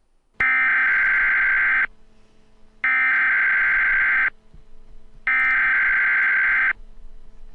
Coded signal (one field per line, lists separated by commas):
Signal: Emergency Alert System (SAME) tones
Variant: header bursts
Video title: EAS Mock - Black Mesa Research Facility Explosions (Still using Bandicam...)